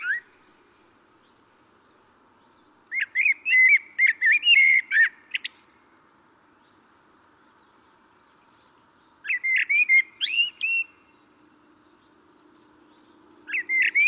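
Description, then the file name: Common blackbird singing: a long fluted warbling phrase with squeaky high twitters at its end, a shorter phrase after a three-second pause, over a faint steady background hum. "Turdus merula"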